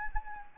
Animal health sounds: mosquito wingbeat signal from an infrared sensor; Anopheles arabiensis

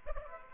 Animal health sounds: mosquito wingbeat signal from an infrared sensor; Aedes aegypti

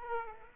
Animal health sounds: mosquito wingbeat signal from an infrared sensor; Aedes aegypti

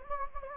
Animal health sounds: mosquito wingbeat signal from an infrared sensor; Anopheles gambiae

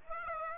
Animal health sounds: mosquito wingbeat signal from an infrared sensor; Aedes aegypti

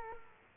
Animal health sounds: mosquito wingbeat signal from an infrared sensor; Culex quinquefasciatus

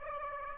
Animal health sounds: mosquito wingbeat signal from an infrared sensor; Aedes aegypti

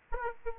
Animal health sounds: mosquito wingbeat signal from an infrared sensor; Aedes aegypti

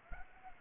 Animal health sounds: mosquito wingbeat signal from an infrared sensor; Anopheles arabiensis

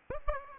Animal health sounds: mosquito wingbeat signal from an infrared sensor; Aedes aegypti

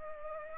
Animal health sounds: mosquito wingbeat signal from an infrared sensor; Culex pipiens

